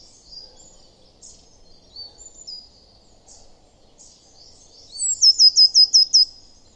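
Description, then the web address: Eurasian blue tit with a few scattered thin high notes, then a rapid run of six bright, high, slurred notes near the end. "cianscape. Deverinetal"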